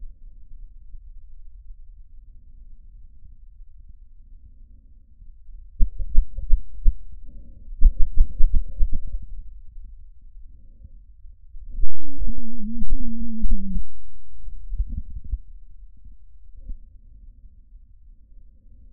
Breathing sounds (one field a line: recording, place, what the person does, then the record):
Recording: lung sounds by stethoscope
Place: trachea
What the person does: quiet breathing, then cough and speech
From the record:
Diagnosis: COPD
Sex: female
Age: 65 years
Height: 156 cm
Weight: 63.9 kg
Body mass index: 26.3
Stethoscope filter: bell mode